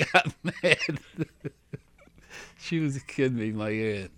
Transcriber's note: he laughs